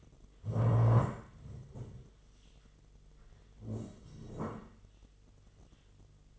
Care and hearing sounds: daily activity, microphone in the room; stand up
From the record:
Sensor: 4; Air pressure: 1006.1 hPa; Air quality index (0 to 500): 101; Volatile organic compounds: 2 ppm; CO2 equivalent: 1262 ppm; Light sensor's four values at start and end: 12/28/11/10 and 12/28/11/10

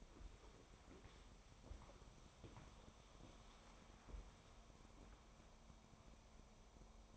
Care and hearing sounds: daily activity, microphone in the room; walk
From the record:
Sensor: 1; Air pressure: 1015.3 hPa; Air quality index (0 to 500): 132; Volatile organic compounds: 5 ppm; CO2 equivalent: 1810 ppm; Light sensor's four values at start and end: 11/26/11/11 and 7/18/7/7

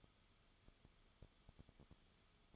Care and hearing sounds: daily activity, microphone in the room; no activity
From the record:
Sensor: 4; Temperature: 22.9 degrees Celsius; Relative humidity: 34.5%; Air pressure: 1011.5 hPa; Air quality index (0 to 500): 193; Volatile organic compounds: 13 ppm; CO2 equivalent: 2389 ppm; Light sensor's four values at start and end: 2/3/1/1 and 2/3/1/1

